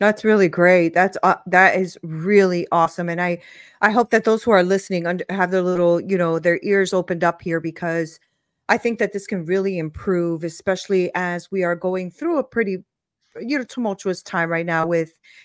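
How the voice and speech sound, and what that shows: One adult speaks fluently and clearly at a conversational pace, with brief natural pauses between phrases. The pitch is moderate and the voice is clear and steady, with no hoarseness, breathiness or strain. This is ordinary, normal speech.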